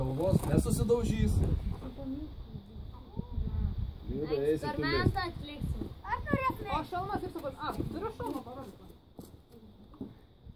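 Someone talks while a children's helmet chin strap buckle is being handled toward its receiver under the helmet during an egg-drop experiment. Only faint, brief taps are heard near the end. The buckle has not clicked shut yet.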